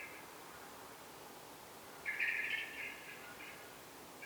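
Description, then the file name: Common blackbird chattering call, a single loud burst of quick harsh notes that trails off, with faint chatter at the start and end. "Turdus merula"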